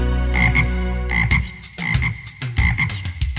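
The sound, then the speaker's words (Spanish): A frog croaks in short, repeated bursts, several in quick pairs with a loose rhythm, fairly loud over a steady tonal musical background. “Soy la rana vegetariana, brinco de alegría al probar las sandías.”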